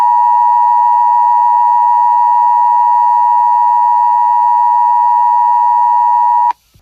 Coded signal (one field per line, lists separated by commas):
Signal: Emergency Alert System (SAME) tones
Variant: 853 and 960 Hz attention tone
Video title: EAS CHILD ABDUCTION EMERGENCY CANCELLATION 12/15/20